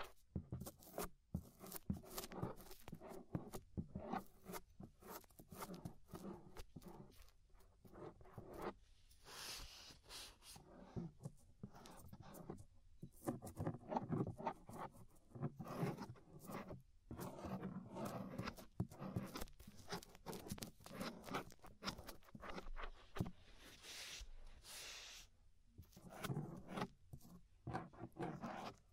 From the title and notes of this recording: Inner and Outer Ear Scraping (No Talking).